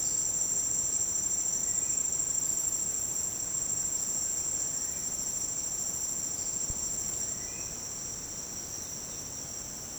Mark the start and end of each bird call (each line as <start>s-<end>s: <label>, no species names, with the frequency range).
1.60s-2.19s: bird call (1.6-3.0 kHz)
4.57s-7.73s: bird call (1.2-2.6 kHz)
8.66s-9.24s: bird call (3.0-4.7 kHz)